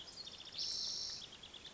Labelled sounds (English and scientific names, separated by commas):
Spotted Towhee (Pipilo maculatus)